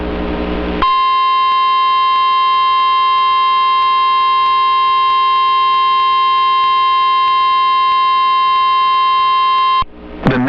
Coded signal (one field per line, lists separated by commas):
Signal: Emergency Alert System (SAME) tones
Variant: 1050 Hz attention tone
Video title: A REAL PAIN OF EVENTS... (1) || EAS Alerts from 07-28-26 (EAS #262-288)